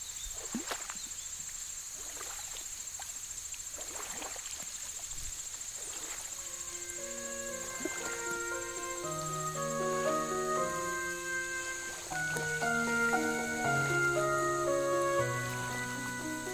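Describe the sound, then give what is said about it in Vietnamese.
Oars creak and dip in slow, rhythmic strokes on a river beside a small hamlet on a moonless night under thick dark clouds, under a steady high insect drone, before soft melodic music rises and takes over. “Dưới sông, tiếng kinh kít của mái chèo đang khẽ vang lên.”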